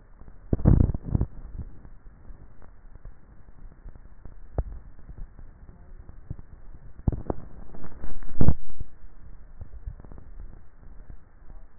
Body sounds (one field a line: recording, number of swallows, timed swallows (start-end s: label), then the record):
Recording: swallowing sounds by neck microphone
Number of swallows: 2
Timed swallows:
0.69-1.55 s: swallow
9.72-10.55 s: swallow
From the record:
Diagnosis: dysphagia